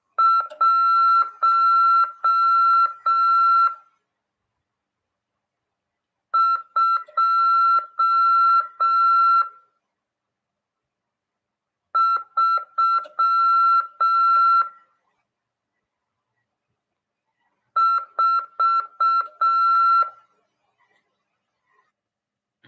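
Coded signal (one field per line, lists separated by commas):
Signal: Morse code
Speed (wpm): 6 wpm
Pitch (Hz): 1350 Hz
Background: none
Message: 1 2 3 4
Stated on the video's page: Amateur radio CW lesson, part of a class on 146.410 MHz FM.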